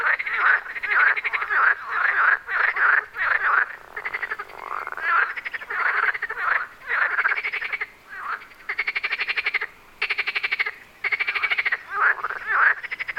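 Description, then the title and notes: Frogs in a dense chorus of pulsed, rattling croaks, many overlapping bursts broken by short gaps. Frogs on Wyspa Sobieszewska, Gdańsk, Poland. "Wyspa Sobieszewska, Gdańsk, Poland - Frogs. Żaby. rec Rafał Kołacki"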